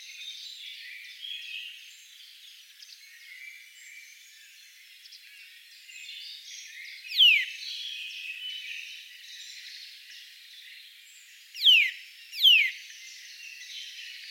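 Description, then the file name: Eurasian nuthatch giving three sharp, falling whistled calls, one alone and then a close pair, against steady background noise. "Sitta europaea"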